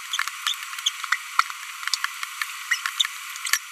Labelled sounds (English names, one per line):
Green-rumped Parrotlet babbling